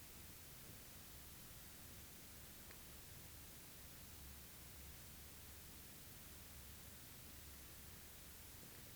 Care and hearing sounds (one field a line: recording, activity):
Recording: daily activity, guitar pickup as the sensor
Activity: drink water